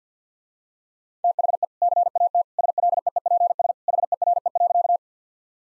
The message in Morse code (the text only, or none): THE CAT SLEEPS HERE.